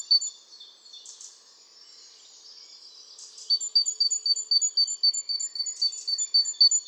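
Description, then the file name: Great tit calling: faint notes at first, then a rapid, even series of thin high notes to the end. "Parus major"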